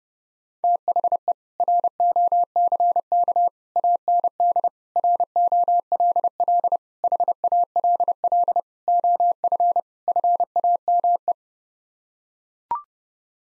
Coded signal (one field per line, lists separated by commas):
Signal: Morse code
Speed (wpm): 30 wpm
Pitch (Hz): 700 Hz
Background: none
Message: THE ROCK AND ROLL HALL OF FAME